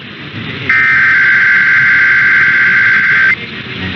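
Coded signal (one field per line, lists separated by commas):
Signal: Emergency Alert System (SAME) tones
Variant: header bursts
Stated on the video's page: Recorded overnight monthly tests for Maryland and Nevada plus a radio station's weekly test.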